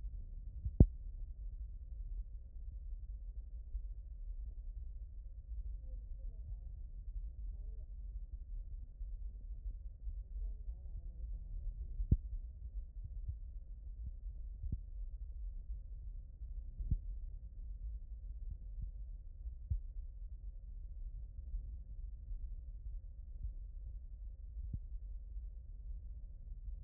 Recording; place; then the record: heart sounds by stethoscope; aortic valve (AV)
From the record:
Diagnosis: HFrEF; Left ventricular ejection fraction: 35%